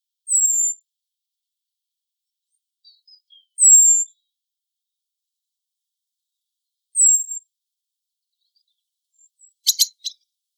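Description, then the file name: Common blackbird calls: high, thin, slightly falling notes repeated about every three seconds, with a few soft ticks and a short clicking burst near the end. "Turdus merula"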